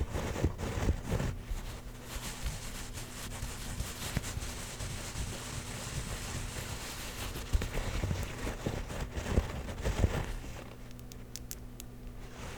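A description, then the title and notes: Hat scratching: a continuous rough, rustling scrape runs through the whole clip, dense and fairly even in level, with brief louder scratches near the start, around seven to ten seconds, and toward the end. A low, steady hum sits underneath throughout. Hat Scratching.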